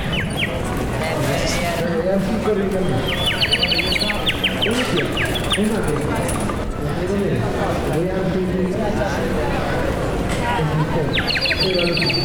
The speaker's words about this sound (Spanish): Es la hora en que las aves vuelven al nido.